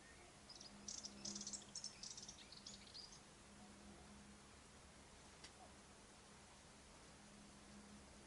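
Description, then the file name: Moltoni's warbler song: a short burst of high, scratchy, twittering notes in the first three seconds, then a steady faint hiss with a single click. "sylvia subalpina"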